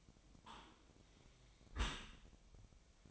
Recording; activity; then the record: daily activity, microphone in the room; close dishwasher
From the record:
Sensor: 1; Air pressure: 1003.1 hPa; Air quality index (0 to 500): 196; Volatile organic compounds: 6 ppm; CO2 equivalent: 1877 ppm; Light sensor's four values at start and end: 28/69/29/35 and 28/68/29/35